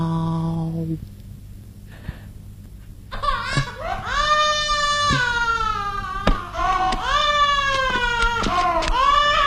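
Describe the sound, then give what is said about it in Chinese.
A person imitates a baby crying, with loud, high-pitched wavering wails that rise and fall in repeated bursts for several seconds after a short quiet start. “你这个孩子不睡觉，又是哭又是闹，急得爸爸直发烧”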